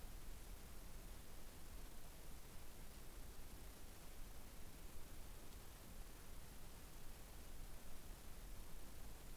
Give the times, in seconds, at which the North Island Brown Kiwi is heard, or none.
none